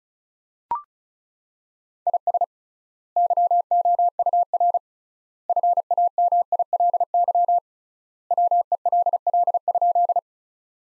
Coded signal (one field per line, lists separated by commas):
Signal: Morse code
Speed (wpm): 36 wpm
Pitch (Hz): 700 Hz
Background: none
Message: IS YOUR FAMILY WELL?